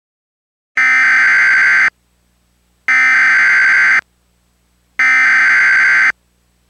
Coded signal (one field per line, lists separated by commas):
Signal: Emergency Alert System (SAME) tones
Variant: header bursts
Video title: EAS Mini Mock #41 The Pyrotornado of 2006